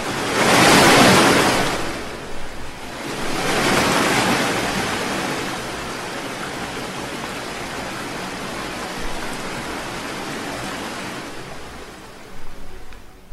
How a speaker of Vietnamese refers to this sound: Những con sóng cuộn trào dữ dội, trong chớp mắt đã đến chung quanh con thuyền nhỏ. Những bức tường nước đen kịch bên phải, bên trái, đằng sau tạo thành một đường cong bủa vây lấy cả con thuyền.